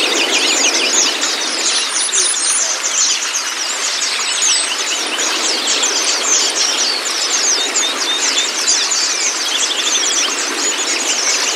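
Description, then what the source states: White-eye song: dense high twittering of quick thin notes, steady and unbroken. Meant to get a pleci to open its beak and start singing; 'masteran' training for the bird.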